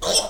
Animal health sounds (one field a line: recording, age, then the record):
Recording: pig call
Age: piglet (1 to 25 days)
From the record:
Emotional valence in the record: negative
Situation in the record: restrain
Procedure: in the arms of a person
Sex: male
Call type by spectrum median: high-frequency call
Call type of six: mixed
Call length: 0.30 s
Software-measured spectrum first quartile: 1312 Hz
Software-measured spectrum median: 3902 Hz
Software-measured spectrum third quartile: 6338 Hz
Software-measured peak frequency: 5359 Hz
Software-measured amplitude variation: 150 dB a second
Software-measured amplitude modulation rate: 14.9 a second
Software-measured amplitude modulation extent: 10.0 dB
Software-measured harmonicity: 2.3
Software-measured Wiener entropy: -2.16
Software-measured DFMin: 887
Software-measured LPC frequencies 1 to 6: 615, 1162, 3209, 5352, 5841, 8126 Hz